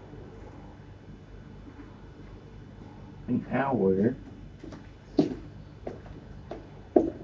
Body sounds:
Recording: background sound without coughing

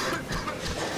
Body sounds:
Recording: coughing mixed with background sound

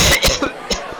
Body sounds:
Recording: coughing mixed with background sound

